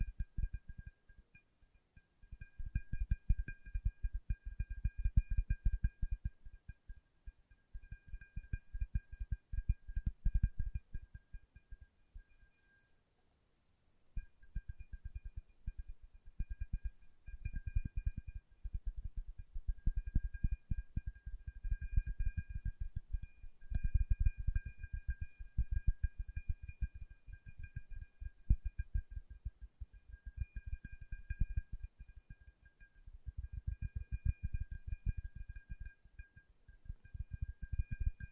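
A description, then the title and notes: Fingertips tap rapidly and softly, making a dense run of dull, low thuds that swell and ease in waves every few seconds. The tapping stops briefly around 13 seconds, then resumes. A faint, steady high whine runs underneath throughout. ASMR Tapping with Fingertips (No Talking).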